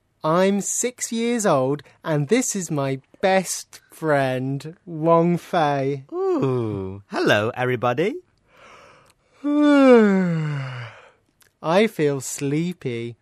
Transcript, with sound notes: I'm six years old and this is my best friend, Wang Fei.
Oh… hello everybody.
(Yawn) I feel sleepy!